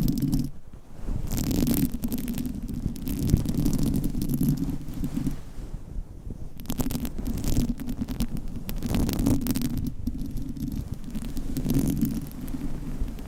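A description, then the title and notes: Steady scratching and rubbing with a low muffled rumble, broken by brief crisp bursts and short pauses near one and six seconds. ASMR Scratching , Tapping & Massage with DIFFERENT Mics , Items & Nails No Talking.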